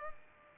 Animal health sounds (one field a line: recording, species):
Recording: mosquito wingbeat signal from an infrared sensor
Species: Culex pipiens